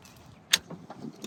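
A car pushed backwards in neutral makes one of the two telescoping steel arms of a Blue Ox tow bar latch into its extended position, with a sharp metallic click at 0.5 s over a low rumble and a fainter tick near 1.3 s. Only one arm is locked; the second arm locks later, when the bus pulls forward.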